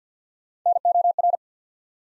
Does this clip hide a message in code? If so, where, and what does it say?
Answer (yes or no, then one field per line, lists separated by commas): yes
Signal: Morse code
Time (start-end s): 0.7-1.4 s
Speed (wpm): 50 wpm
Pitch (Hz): 700 Hz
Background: none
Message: N O R